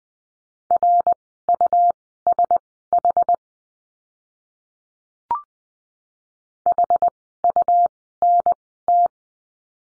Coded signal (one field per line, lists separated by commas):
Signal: Morse code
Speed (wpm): 20 wpm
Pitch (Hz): 700 Hz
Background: none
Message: RUSH HUNT